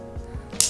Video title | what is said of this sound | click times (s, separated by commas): Rolex Submariner - Ownership Review (114060) | snap it into place and boom you're done | 0.6 s